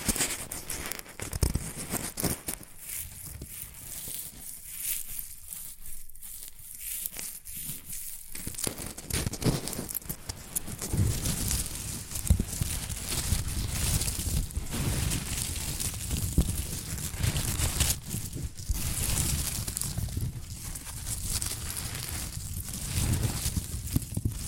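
Shredded tissue and packing peanuts rustle and crinkle in dense, irregular bursts. A quieter, thinner stretch comes around five to eight seconds, then the handling grows fuller and busier, with soft crackles and occasional sharper crinkles through the end.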